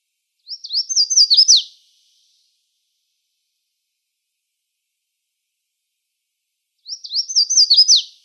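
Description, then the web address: Red-faced warbler singing twice, each phrase a rapid jumble of high slurred notes ending with a falling accent, separated by roughly five seconds of quiet. Recorded in Arizona on 2 May 2004. "Other Warblers RFWA"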